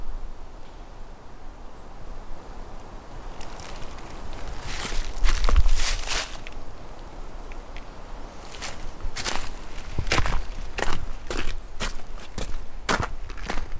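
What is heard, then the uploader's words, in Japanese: Spring forest ambience with a soft, steady low rumble and hiss underneath. From about five seconds on, sharp crunching clicks cut in, bunched together near five to six seconds and then repeating at fairly regular intervals, like footsteps on dry ground. 自然音ASMR 樹海村から謎の祠へ 春の森の環境音。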